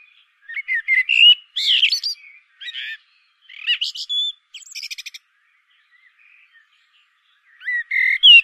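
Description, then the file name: Common blackbird song: rich whistled notes climbing into a squeaky flourish, then a rapid rattling twitter, a long pause and one more low whistle. "Turdus merula"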